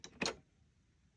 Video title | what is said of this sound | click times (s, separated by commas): How to Use Vertuo Nespresso Machine | it like that. Give it a good little click. Okay, | 0.0 s